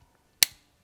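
A 31-round pistol magazine is pushed a second time into the magazine adapter of a speedloader, close to the microphone. After a quiet lead-in with a faint tick at 0.2 s, one sharp, bright click at 0.4 s shows the magazine locking into the adapter, and it is confirmed as seated.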